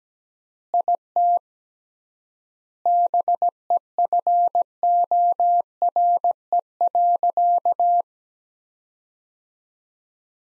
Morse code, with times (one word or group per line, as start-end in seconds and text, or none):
0.7-1.4 IT
2.9-8.0 BEFORE.